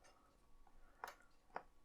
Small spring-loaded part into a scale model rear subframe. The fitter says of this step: it's going to lock into place.